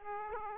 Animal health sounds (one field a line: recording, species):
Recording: mosquito wingbeat signal from an infrared sensor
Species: Aedes aegypti